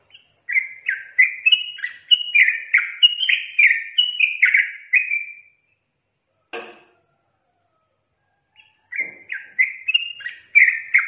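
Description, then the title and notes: Yellow-vented bulbul singing a rapid chain of short, rising and falling liquid notes, broken by a sharp click and a pause before the chattering phrases resume. Caged-bird training recording featuring the tembakan and ropel song styles. "MASTERAN Trucukan Tembakan Dan Ropel. BURUNG TRUCUKAN"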